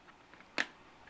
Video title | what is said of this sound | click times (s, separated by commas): A Look at The Mandalorian's Razor Crest from Hasbro's Haslab! | pop open like that. That's where you stick the back landing gear in. | 0.6 s